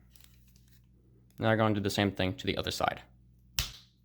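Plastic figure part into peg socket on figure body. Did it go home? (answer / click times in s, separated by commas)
yes / 3.6 s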